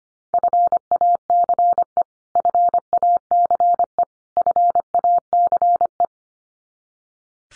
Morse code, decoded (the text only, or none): FACE FACE FACE